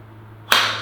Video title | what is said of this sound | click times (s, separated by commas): 5 Bike Repair Stand Compared And Reviewed - 2 Clear Winners | that locks into place and then you screw it closed | 0.5 s